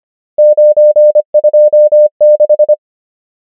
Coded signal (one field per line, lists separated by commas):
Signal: Morse code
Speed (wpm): 25 wpm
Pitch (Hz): 600 Hz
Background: none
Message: 9 2 6